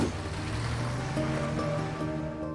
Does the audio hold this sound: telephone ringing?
no